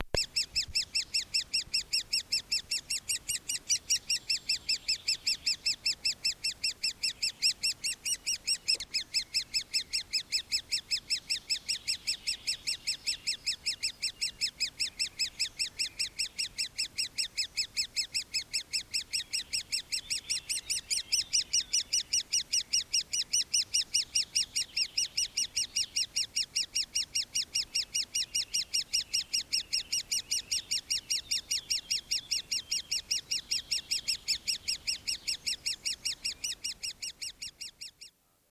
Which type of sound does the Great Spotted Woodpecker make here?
call